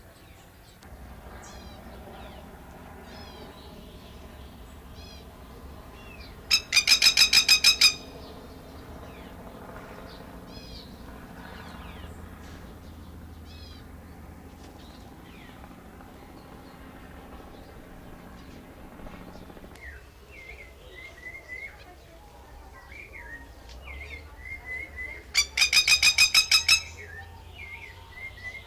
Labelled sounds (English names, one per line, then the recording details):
Masked Lapwing call
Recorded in captivity
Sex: male
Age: adult
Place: Zoo Berlin, Berlin, DE
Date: 1999-07-20 16:58
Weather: fair, thunderstorm, 26-28°C
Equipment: Sony WM-D6C, Sennheiser ME 80, Kopie Uher 4000 Report Monitor
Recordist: Tembrock, Günter